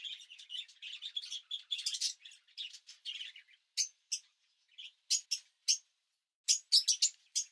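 Bird giving rapid high chirps and squeaky twitters, dense at first, then spaced into short sharp notes with brief gaps.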